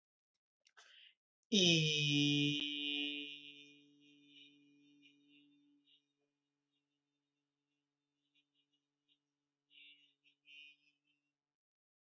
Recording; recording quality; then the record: sustained vowel as in beet; excellent, no background noise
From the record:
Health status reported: healthy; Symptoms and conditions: none ticked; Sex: male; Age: 26 years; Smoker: not ticked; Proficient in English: yes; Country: India